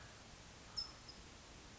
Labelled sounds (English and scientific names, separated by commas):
California Towhee (Melozone crissalis)